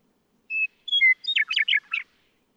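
Western meadowlark singing one phrase: a few clear whistles followed by a quick, bubbling warble of slurred notes, lasting about one and a half seconds.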